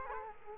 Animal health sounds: mosquito wingbeat signal from an infrared sensor; Culex quinquefasciatus

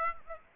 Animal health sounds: mosquito wingbeat signal from an infrared sensor; Aedes aegypti

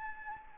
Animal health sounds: mosquito wingbeat signal from an infrared sensor; Anopheles gambiae

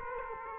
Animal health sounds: mosquito wingbeat signal from an infrared sensor; Aedes aegypti

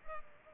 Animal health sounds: mosquito wingbeat signal from an infrared sensor; Culex pipiens

